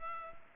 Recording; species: mosquito wingbeat signal from an infrared sensor; Culex pipiens